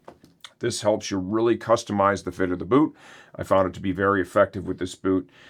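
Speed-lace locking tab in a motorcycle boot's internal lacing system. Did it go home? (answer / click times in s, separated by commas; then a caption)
released / 0.4 s. The plastic speed-lace locking tab in the internal lacing system of a Forma Phantom motorcycle boot is released by grabbing its two sides and pulling up. It lets go with a sharp click at 0.4 s, after two fainter ticks just before. Someone then talks for the rest of the clip.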